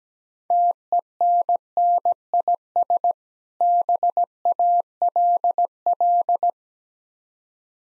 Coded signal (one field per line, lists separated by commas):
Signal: Morse code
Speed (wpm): 17 wpm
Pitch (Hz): 700 Hz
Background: none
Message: TENNIS BALL